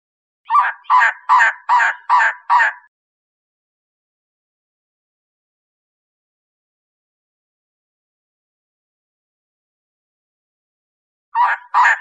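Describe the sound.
Elegant trogon calling in a quick run of six harsh, croaking notes, then a long silence before another short burst of hoarse notes begins at the end.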